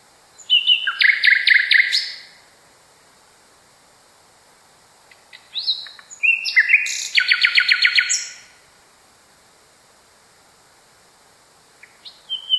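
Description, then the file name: Common nightingale song in separate bursts: a dense pulsed rattle, a long pause, then chirps and a loud rapid trill, with a faint note at the end. Song variation number 6. "kicauan-nightingale-a-variasi 6-omkicau"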